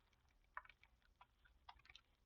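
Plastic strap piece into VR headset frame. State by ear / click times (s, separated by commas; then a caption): not seated / none. A plastic strap piece is being lined up and pressed onto the frame of a VR headset. Soft, light plastic ticks and taps of handling come through over a low hum, with the sharpest ones near 0.6, 1.2 and 1.7 seconds. The clip ends before the piece goes home, so nothing has seated or clicked into place yet.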